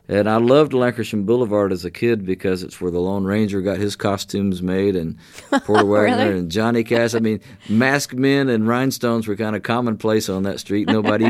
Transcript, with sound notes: And I loved Lankershim Boulevard as a kid because it's where the Lone Ranger got his costumes made...
(Laughter) Really?
...And Porter Wagoner and Johnny Cash. I mean, masked men and rhinestones were kind of commonplace on that street.